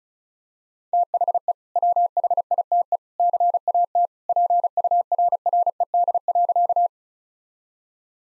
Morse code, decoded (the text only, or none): THE WHITE CAT PURRED.